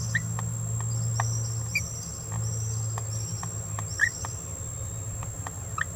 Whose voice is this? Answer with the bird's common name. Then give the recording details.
Green-rumped Parrotlet. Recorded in a nest box in Venezuela. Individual 18B17A4